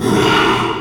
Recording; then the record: squeal of a Yucatan mini pig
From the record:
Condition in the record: after surgery on the right vocal fold (resection and tissue-engineered implant); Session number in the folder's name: 1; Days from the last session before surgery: 6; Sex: male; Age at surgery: 12 weeks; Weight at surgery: 13 kg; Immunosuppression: cyclosporine, prednisolone